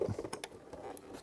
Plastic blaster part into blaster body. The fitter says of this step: il faut entendre les petits clips